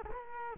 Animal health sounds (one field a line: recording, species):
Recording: mosquito wingbeat signal from an infrared sensor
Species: Culex quinquefasciatus